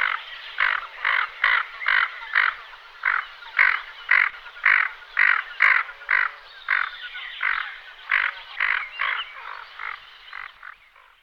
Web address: All the bird songs of Britain and Europe - Jean-Claude Roche. Bucephala clangula